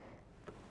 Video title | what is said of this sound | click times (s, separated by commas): SEWING MACHINE TUTORIAL: Sewing a Buttonhole | until it clicks, and then you can pull it back up with the buttonhole foot on properly. | 0.5 s